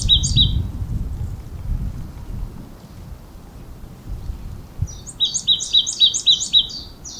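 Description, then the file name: Marsh tit giving quick high chips at the start, then silence, then a lively string of bright, repeated two-part notes; low rumbling background noise at first. "Poecile palustris"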